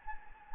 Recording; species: mosquito wingbeat signal from an infrared sensor; Anopheles gambiae